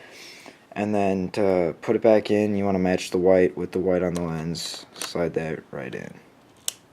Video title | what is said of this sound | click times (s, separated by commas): Review on the Canon eos rebel T3i | till it clicks | 6.7 s